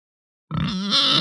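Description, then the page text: Hampshire pig giving one short whining squeal that rises in brightness toward its end, under a second long. Pig grunting, squealing and begging. "Hampshire Pig Grunt Squeal Begging. Quick Sounds"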